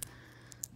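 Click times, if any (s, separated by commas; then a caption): 0.6 s. Two genuine plastic toy building bricks are pressed together, one onto the other, with a faint tick at 0.0 s and another at 0.5 s before a sharp, crisp click at 0.6 s. The click confirms the bricks have seated, a clean snap unlike a knock-off brick that sounds forced.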